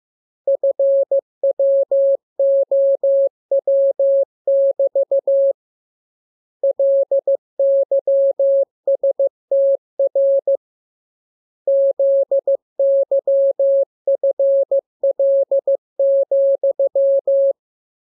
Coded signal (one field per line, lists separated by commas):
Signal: Morse code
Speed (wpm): 15 wpm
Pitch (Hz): 550 Hz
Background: none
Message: FWOW<BT> LYSTR ZYFL,